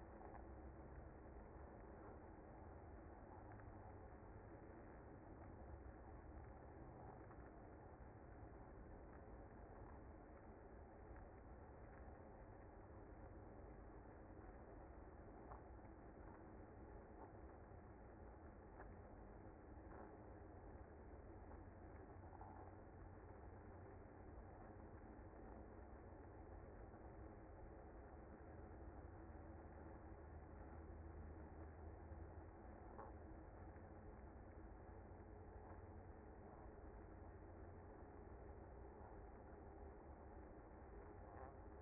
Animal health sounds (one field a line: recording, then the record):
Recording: honeybee colony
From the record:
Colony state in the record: active